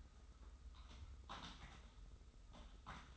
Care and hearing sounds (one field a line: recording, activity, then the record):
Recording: daily activity, microphone in the room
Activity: typing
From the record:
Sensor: 3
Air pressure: 990.9 hPa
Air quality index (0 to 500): 139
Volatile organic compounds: 261 ppm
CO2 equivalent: 4388 ppm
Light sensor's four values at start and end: 37/90/36/35 and 37/90/36/35